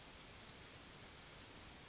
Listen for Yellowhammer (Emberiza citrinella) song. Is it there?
yes